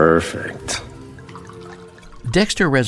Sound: soundbite of liquid pouring

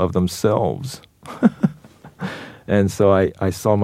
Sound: laughter

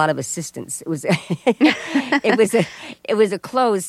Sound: laughter

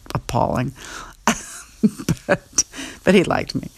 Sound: laughter

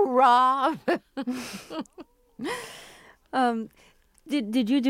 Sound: laughter

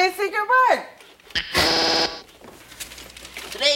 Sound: soundbite of buzzing

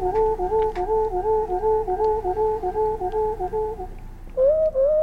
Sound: soundbite of birdsong

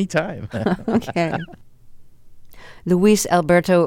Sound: laughter

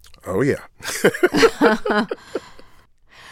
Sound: laughter

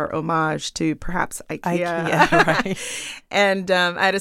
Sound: laughter

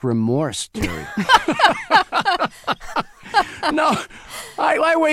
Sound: laughter

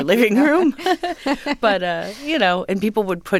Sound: laughter

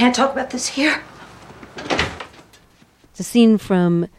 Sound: soundbite of door closing

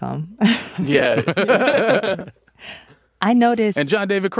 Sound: laughter

